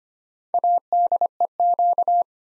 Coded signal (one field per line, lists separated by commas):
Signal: Morse code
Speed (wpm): 25 wpm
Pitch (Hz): 700 Hz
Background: none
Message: ADEQ